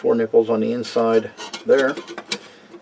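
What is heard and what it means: A metal cooking surface is handled over a camp stove, about to be pressed down onto the stove's four studs, while someone talks. Nothing has seated or clicked yet; the clip ends before the cooking surface goes home.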